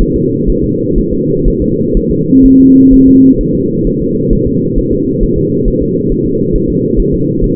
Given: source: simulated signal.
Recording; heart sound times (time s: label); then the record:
fetal heart sounds
0.02 s: S1
0.16 s: S2
0.50 s: S1
0.64 s: S2
0.98 s: S1
1.13 s: S2
1.48 s: S1
1.62 s: S2
1.97 s: S1
2.11 s: S2
2.46 s: S1
2.60 s: S2
2.94 s: S1
3.08 s: S2
3.41 s: S1
3.55 s: S2
3.87 s: S1
4.02 s: S2
4.33 s: S1
4.47 s: S2
4.78 s: S1
4.93 s: S2
5.23 s: S1
5.38 s: S2
5.68 s: S1
5.82 s: S2
6.12 s: S1
6.26 s: S2
6.56 s: S1
6.70 s: S2
7.00 s: S1
7.14 s: S2
7.44 s: S1
From the record:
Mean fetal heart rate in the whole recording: 130 bpm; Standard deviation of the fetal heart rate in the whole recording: 4 bpm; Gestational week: 38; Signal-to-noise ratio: -11.2 dB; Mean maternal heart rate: 72 bpm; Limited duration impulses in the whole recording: present